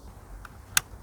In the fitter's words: 이렇게 찰칵 소리가 날 때까지 해서 그럼